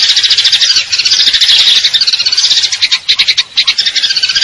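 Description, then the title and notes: Eurasian tree sparrow song, a dense stream of bright, high chirps and twitters running almost without pause, with brief dips in loudness around one and three seconds. Fighting call (tarung) with long trills (nembak panjang); clear-sound masteran training recording intended for contest birds. "GEREJA TARUNG NEMBAK PANJANG SUARA JERNIH MASTERAN WAJIB BURUNG LOMBA. Burung Gereja"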